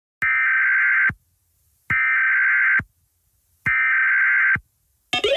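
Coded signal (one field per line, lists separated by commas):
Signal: Emergency Alert System (SAME) tones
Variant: header bursts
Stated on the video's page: Fictional EAS scenario; may or may not include valid EAS tones.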